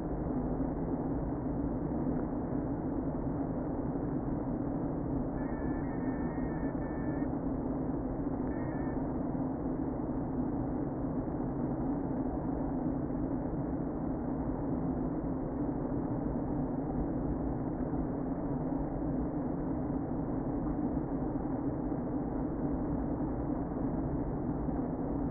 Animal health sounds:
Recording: honeybee colony, microphone inside the hive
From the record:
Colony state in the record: queen present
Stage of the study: before two queens were removed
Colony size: about 60,000 bees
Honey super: yes

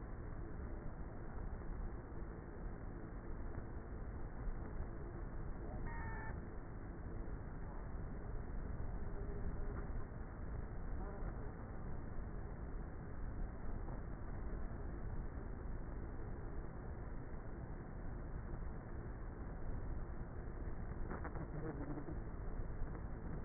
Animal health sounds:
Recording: honeybee colony, microphone inside the hive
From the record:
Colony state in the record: queenless with a low population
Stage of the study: before two queens were removed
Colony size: about 30,000 bees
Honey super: no

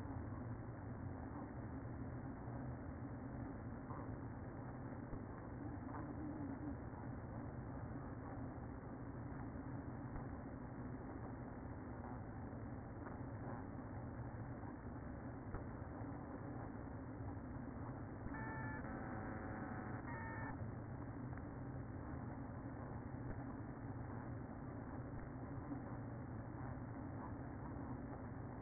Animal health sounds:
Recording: honeybee colony, microphone inside the hive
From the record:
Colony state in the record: queen present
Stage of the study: after two queens were removed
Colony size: about 60,000 bees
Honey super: yes

